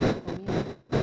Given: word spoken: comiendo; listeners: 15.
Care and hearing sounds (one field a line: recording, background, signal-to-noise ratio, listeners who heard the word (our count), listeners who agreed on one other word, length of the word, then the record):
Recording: one Spanish word in noise, from a listening test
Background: noise modulated by one talker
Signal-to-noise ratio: -10.2 dB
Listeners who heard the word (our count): 1 of 15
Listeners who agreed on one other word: 6 of 15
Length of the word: 0.63 s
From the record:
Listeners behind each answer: 6, 1, 1, 1, 1, 1, 1, 1, 1, 1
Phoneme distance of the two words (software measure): 44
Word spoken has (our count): 3 syllables, 8 phonemes, stress on syllable 2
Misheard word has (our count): 3 syllables, 6 phonemes, stress on syllable 2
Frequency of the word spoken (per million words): 8.56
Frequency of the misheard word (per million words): 65.39